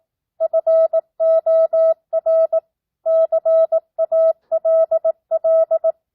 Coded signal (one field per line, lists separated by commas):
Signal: Morse code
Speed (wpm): 18 wpm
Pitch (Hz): 650 Hz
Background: none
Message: FOR CALL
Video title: Morse Code Practice 12th Grade